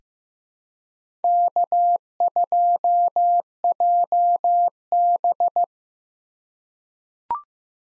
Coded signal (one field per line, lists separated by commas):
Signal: Morse code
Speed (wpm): 15 wpm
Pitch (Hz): 700 Hz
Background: none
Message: K2JB